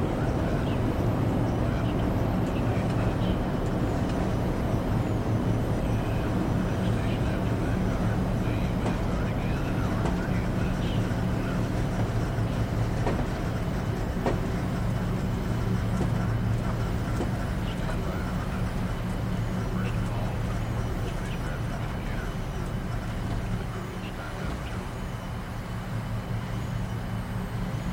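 Cabin ambience aboard a space shuttle: a steady, dense low hum and rumble fill the whole stretch, with a few faint tones layered in. Brief clicks and murmured voice-like bits surface now and then, and the level dips slightly near the end.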